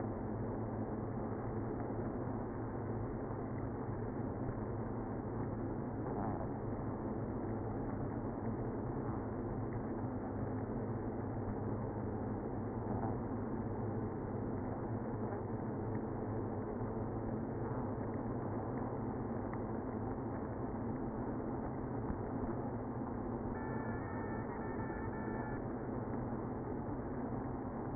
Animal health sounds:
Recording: honeybee colony, microphone inside the hive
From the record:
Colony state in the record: queenless (queen removed)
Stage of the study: after two queens were removed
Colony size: about 60,000 bees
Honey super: yes

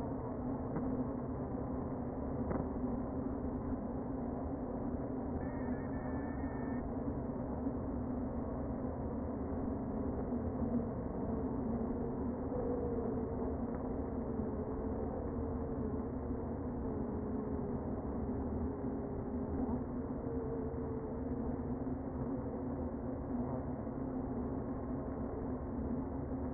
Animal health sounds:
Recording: honeybee colony, microphone inside the hive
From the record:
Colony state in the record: queen present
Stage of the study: before two queens were removed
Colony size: about 60,000 bees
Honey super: yes

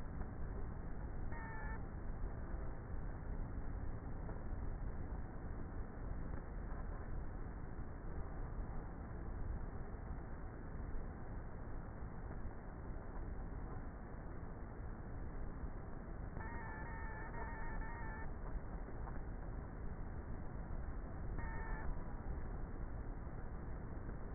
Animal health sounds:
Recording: honeybee colony, microphone inside the hive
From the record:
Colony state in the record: queenless with a low population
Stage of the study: before two queens were removed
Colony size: about 30,000 bees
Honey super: no

